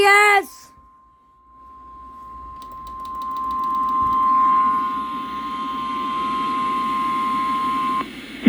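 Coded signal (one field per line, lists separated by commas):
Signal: Emergency Alert System (SAME) tones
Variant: 1050 Hz attention tone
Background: speech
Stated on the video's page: Tornado warning received on radio.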